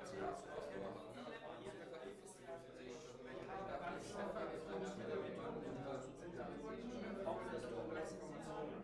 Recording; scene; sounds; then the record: everyday scene through a hearing-aid microphone; many people talking; many voices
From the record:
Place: bistro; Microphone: behind the ear, right, rear